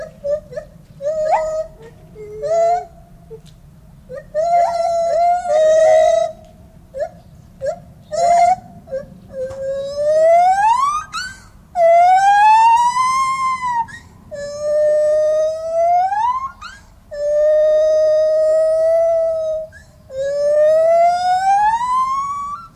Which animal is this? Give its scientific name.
Hylobates lar